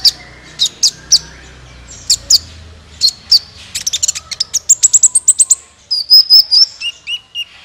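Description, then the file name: Sunbird: bird song building from spaced sharp chirps into a rapid high trill, ending with a thin wavering whistle. "suara kolibri ninja"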